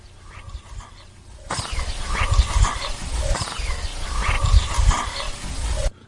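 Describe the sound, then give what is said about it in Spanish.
Dogs bark in the distance, picked up by audio recorders left running unattended for a psychophony session, their scattered yelps blurred inside a loud, hissing wash of outdoor noise that starts abruptly after a short quiet stretch and cuts off near the end. “Los animales que se escuchan de lejos, uh-huh, esos perrillos que sí, estaban por allí, que algunas veces se acercaban y nos fastidiaban un poquito las grabaciones y demás, en esta ocasión, como veis, están ladrando”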